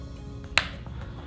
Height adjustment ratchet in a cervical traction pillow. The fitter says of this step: you're at one line you heard two clicks and once again you're just on